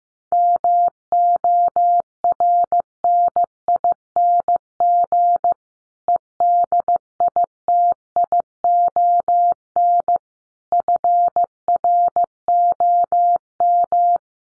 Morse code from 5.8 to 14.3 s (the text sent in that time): EDITION FROM